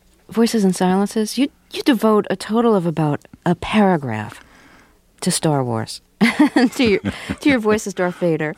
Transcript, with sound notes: "Voices And Silences," you devote a total of about a paragraph to "Star Wars"...
(LAUGHTER)
...To your voice as Darth Vader.